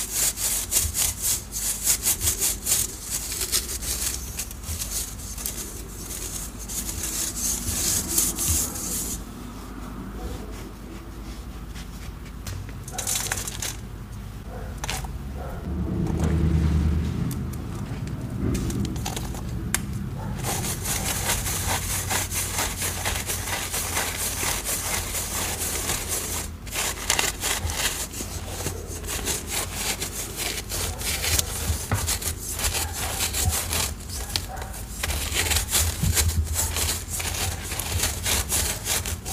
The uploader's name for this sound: Dyed Chalk Cubes, Cornstarch Crunchies, Paste Mixing, Pouring into Molds